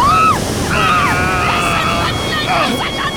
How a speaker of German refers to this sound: Haltet euch fest! Die Welle bricht über uns herein!